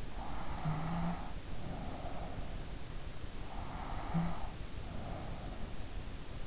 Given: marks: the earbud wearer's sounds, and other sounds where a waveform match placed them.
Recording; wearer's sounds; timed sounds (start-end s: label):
sounds in sleep by an in-ear microphone; snoring breath
0.22-2.78 s: snoring breath
3.30-5.74 s: snoring breath